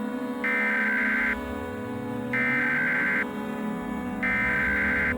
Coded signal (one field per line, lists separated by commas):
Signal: Emergency Alert System (SAME) tones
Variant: header bursts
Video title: EAS Scenario #3: Reality Be DAMNED!